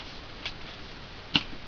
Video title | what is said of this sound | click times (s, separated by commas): curling irons 3 different types | and pop it out and it comes with another couple attachments | 1.4 s